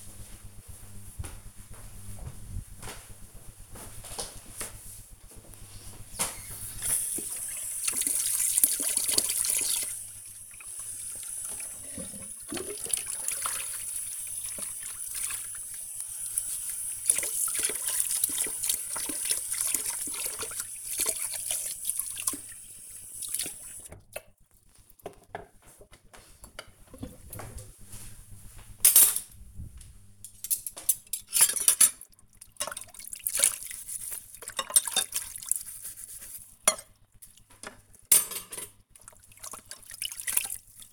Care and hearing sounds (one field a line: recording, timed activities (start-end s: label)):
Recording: household activities, microphone on the right wrist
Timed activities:
5.02-40.93 s: washing dishes